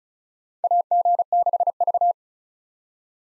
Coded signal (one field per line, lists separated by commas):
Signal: Morse code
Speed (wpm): 36 wpm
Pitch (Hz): 700 Hz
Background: none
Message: AG6V